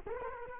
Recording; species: mosquito wingbeat signal from an infrared sensor; Culex quinquefasciatus